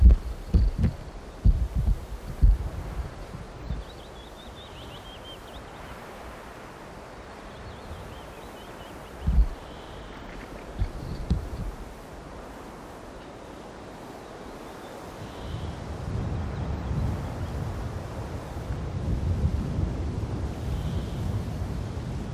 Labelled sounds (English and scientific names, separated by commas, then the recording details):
Siberian Jay (Perisoreus infaustus) call
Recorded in the wild
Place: Halbinsel Kindo, Karelien, RU
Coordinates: 66.5522, 33.1006
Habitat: taiga
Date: 1996-06-21
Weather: sunny, 12-15°C
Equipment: Sony WM-D6C, Sennheiser MKH 70, Popschutz
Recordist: Frommolt, Karl-Heinz